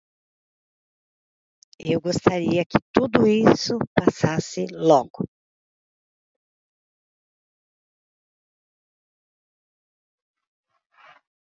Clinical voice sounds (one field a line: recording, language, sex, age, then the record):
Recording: short text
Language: Brazilian Portuguese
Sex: female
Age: 50 to 59 years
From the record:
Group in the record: control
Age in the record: 59 years